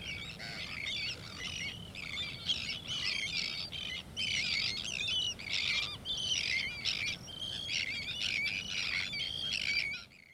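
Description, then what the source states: Sandwich tern flock giving harsh, grating, scratchy calls in rapid overlapping bursts for about ten seconds. Harsh call likened to a knife rubbed on a cheese grater; cited as an ugly, unromantic seabird sound.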